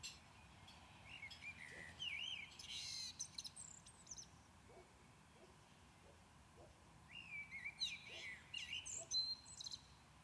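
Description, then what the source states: Common blackbird song: two rich, fluty warbled phrases, each ending in high squeaky twitters, separated by a pause of several seconds, with soft clicks and steady background hiss. Recorded at Maindy.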